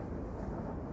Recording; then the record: background sound without coughing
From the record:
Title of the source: Train Ride Ambience ambient white noise for sleeping, focus, studying, reading